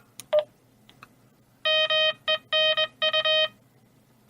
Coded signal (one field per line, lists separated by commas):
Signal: Morse code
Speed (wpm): 21 wpm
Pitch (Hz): 3100 Hz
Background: none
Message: MENU